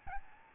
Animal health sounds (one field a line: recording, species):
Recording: mosquito wingbeat signal from an infrared sensor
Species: Aedes albopictus